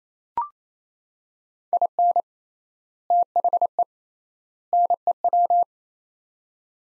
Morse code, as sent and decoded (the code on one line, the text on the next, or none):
.. -. / - .... . / -. . .--
IN THE NEW